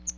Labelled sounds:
Chestnut-sided Warbler (Setophaga pensylvanica) flight call

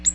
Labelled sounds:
Ovenbird (Seiurus aurocapilla) flight call

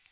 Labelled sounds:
Magnolia Warbler (Setophaga magnolia) flight call

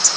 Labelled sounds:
Wilson's Warbler (Cardellina pusilla) flight call

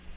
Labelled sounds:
Black-throated Green Warbler (Setophaga virens) flight call

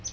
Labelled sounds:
Palm Warbler (Setophaga palmarum) flight call

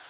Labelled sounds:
Orange-crowned Warbler (Leiothlypis celata) flight call

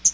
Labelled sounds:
Hooded Warbler (Setophaga citrina) flight call

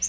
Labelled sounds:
Yellow-rumped Warbler (Setophaga coronata) flight call

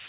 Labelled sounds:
Blackburnian Warbler (Setophaga fusca) flight call

